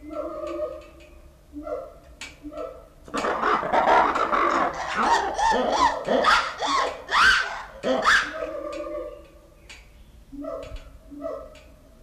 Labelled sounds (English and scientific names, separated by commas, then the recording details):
Black-and-white Ruffed Lemur (Varecia variegata)
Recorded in captivity
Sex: pair
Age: adult
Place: Zoo Berlin, Berlin, DE
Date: 1994-06-11
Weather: heiter, 12-17°C
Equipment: Marantz CP 430, Sennheiser ME 80, Kopie Uher Variocord 263
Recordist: Tembrock, Günter